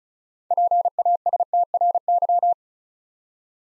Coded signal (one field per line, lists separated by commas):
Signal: Morse code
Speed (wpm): 36 wpm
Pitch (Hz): 700 Hz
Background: none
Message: PASTRY